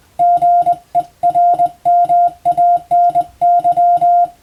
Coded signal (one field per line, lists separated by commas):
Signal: Morse code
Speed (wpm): 20 wpm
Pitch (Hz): 700 Hz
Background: none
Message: GERMANY